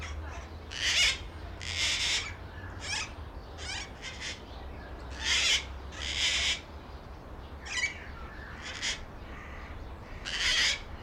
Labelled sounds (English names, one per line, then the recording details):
Slender-billed Parakeet
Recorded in captivity
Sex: group
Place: Zoo Berlin, Berlin, DE
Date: 1994-02-11 12:27
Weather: Bedeckt, 4°C
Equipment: Marantz CP 130, Sennheiser ME 80, Kopie Uher Variocord 263
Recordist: Tembrock, Günter